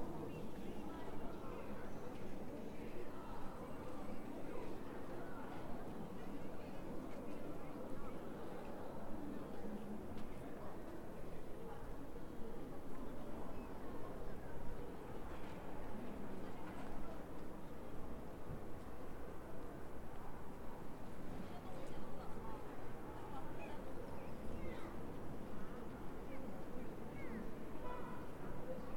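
Street ambience on Guilin Road in Changchun: a dense, unbroken murmur of many voices over a steady low rumble of traffic. The level stays even throughout, with occasional brief louder calls and clatters rising out of the crowd.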